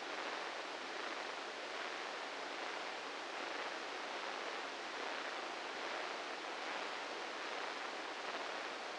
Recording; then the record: brain microelectrode recording played as sound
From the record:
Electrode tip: inside the subthalamic nucleus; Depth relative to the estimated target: -5 mm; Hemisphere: left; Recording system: NeuroSet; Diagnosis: Parkinson's disease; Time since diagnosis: 8 years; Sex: male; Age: 58 years